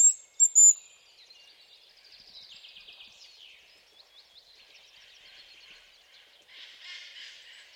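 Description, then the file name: Hazel grouse giving very high, thin whistled notes at the start, followed by faint twittering. "haselhuhn"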